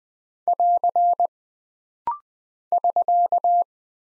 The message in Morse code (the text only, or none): <AR> <SK>